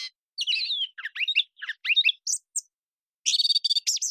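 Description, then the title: Gray catbird song: a jumble of squeaky, slurred whistles and chirps in quick varied phrases, a short pause, then a rapid buzzy chattering run. One long developing song string, cleanly processed from an original parabolic recording. "Gray Catbird Long Song Performance"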